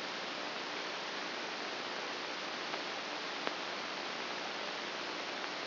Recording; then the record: brain microelectrode recording played as sound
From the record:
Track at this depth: inside the subthalamic nucleus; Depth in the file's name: 4.503 mm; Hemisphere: right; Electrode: 2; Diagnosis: Parkinson's disease